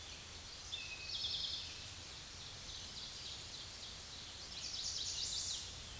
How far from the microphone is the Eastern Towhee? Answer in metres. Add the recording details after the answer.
about 40 m. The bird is about 5 m above the microphone. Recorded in a Pennsylvania forest on 16 May 2024 at 06:08. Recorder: AudioMoth, point MSD-2376. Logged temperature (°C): 16.7 °C. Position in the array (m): 107 m, 9 m